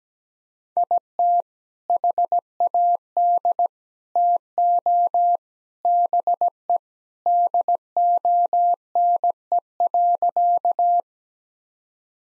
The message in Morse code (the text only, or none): IT HAD TO BE DONE.